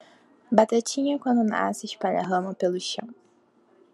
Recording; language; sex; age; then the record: short text; Brazilian Portuguese; female; 20 to 29 years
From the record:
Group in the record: control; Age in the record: 22 years